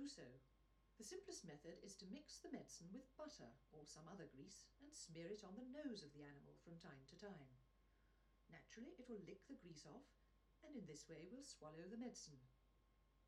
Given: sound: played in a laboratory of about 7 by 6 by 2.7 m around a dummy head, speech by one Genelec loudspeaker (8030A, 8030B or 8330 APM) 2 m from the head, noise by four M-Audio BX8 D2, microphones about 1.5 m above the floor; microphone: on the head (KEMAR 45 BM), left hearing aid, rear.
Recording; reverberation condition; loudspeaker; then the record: female speech in English; low; in front (0 degrees)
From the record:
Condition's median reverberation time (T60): about 310 ms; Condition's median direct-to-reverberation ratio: about 3.5 dB